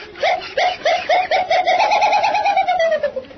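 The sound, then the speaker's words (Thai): Gibbons howl mournfully: a run of loud, clear whooping notes that quicken and swell, merging into a long wavering wail that slowly trails off, with no voices. “เสียงชะนีร้องโหยหวนทำให้คิดถึงชัยเสนลูกชายคนเดียว”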